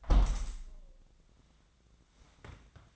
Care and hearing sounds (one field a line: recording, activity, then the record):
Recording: daily activity, microphone in the room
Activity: close window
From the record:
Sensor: 3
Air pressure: 1012.3 hPa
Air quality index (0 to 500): 144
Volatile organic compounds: 2 ppm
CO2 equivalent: 1110 ppm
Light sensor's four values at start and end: 326/799/332/329 and 325/799/332/329